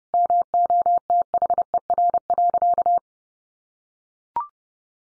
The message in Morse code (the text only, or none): MOTHER.